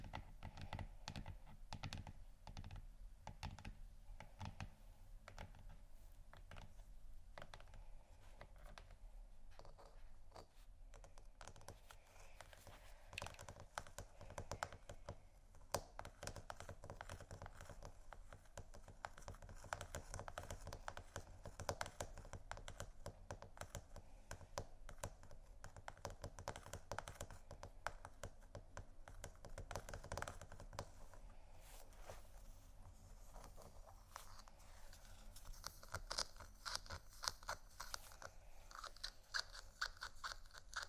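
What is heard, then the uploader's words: Dry scratching and tapping on a textured surface runs through the whole clip as a dense stream of small clicks and rasps, like busy fingers on a hard material. The activity thickens and brightens after about ten seconds and stays busy to the end. ASMR Scratchingtapping On Textures（No Talking）.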